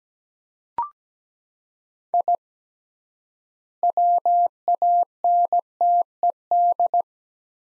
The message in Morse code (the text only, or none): I WANTED